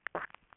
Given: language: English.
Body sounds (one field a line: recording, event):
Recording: throat vibration sensor signal played as sound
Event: swallow